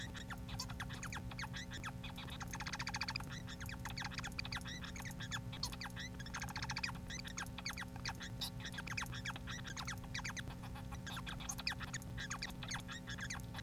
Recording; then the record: song of a male Bengalese finch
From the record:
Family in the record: son of father 4